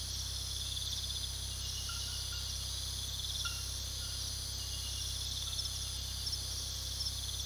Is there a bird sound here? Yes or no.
no